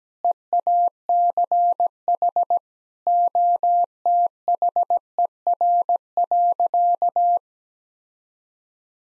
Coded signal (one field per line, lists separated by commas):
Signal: Morse code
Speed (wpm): 17 wpm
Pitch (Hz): 700 Hz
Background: none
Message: EACH OTHER.